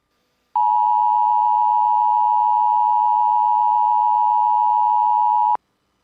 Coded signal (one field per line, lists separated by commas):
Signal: Emergency Alert System (SAME) tones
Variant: 853 and 960 Hz attention tone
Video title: EAS #273- Tennessee Required Monthly Test on WSM (KPL20 Relay)